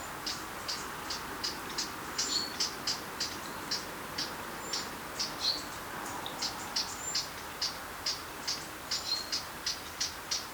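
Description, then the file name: Eurasian blackcap hard tacking calls, dry clicks repeated throughout. "Sylvia atricapilla"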